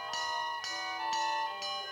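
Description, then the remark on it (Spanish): A railroad crossing bell clangs steadily, four bright metallic strikes about half a second apart, each ringing with a sustained shimmering tone between hits. No voices are heard. “Cruce de ferrocarril.”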